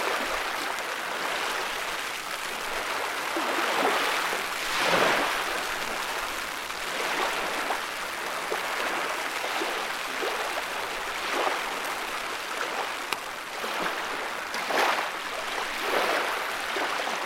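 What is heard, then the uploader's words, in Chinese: A wide river surges along in a steady, dense rush of water that sounds almost like the sea. The flow swells in soft waves, with brighter splashing peaks near five, eleven and fifteen seconds, and little in the low end. 大江已有了海的声形，糁入嫩凉的晨中清凉的雨。江河涌涌。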